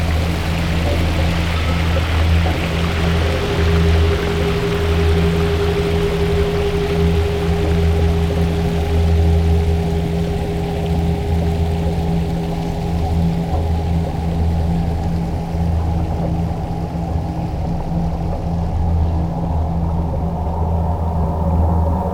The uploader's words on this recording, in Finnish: Jani Orbinskin ääniteos vie kuuntelijan matkalle kesäiseen Suomeen. Teos yhdistelee binauraaliäänityksiä ja Geofón-mikrofonilla äänitettyjä maaperän ääniä sekä erilaisten rakenteiden sointeja ja resonansseja.